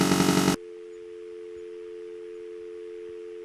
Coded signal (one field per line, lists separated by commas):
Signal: telephone call progress tone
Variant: North America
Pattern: dial tone